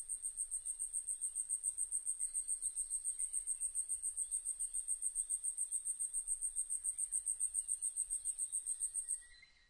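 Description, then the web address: Asian stubtail song, a sustained string of rapid, extremely high, sibilant notes at an even pace, ending abruptly near the close. 26 April 2006. "2006 060426 yabusame"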